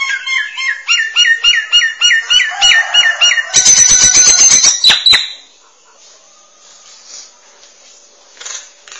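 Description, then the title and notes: Starling song opening with a quick series of repeated whistled chirps, then a loud buzzy rattle that stops abruptly, leaving faint background sound. "suara burung jalak"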